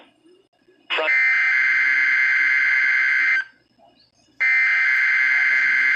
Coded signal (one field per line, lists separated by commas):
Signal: Emergency Alert System (SAME) tones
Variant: header bursts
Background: speech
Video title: EAS Required Weekly Test KEC65 Minneapolis St.Paul